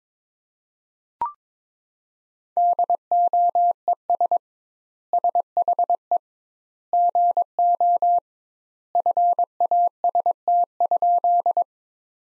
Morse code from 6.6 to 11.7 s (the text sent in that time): GO FAST?